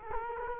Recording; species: mosquito wingbeat signal from an infrared sensor; Culex quinquefasciatus